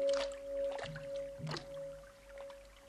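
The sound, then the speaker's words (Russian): Slow, heavy sloshes of a person walking away knee-deep through water, about four splashy steps at an unhurried pace, with a steady low hum running underneath. “Удаляется, идя по колено в воде.”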